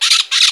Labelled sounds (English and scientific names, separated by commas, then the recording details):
Brown-throated Parakeet (Eupsittula pertinax) contact call
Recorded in Margarita
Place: San Francisco, near stadium
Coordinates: 11.018, -64.294